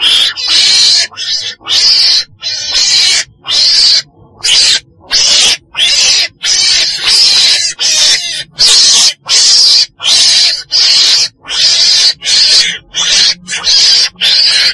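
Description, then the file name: Weasel repeating short, harsh screeching bursts over and over, many rasping cries in quick succession. Described as a black weasel (chồn đen) calling. "tieng chon den keu"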